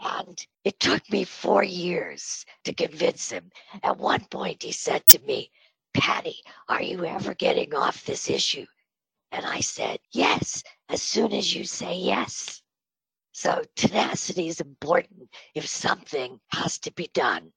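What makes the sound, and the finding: Adult woman speaking. Spasmodic dysphonia with breathy voice.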